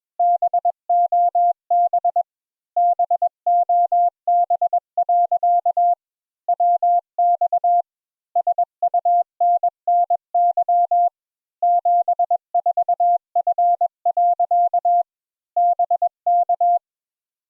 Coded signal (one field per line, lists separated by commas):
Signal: Morse code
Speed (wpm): 21 wpm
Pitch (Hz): 700 Hz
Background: none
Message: BOB BOB. WX SUNNY 74F. BK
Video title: Morse Code Practice Session 1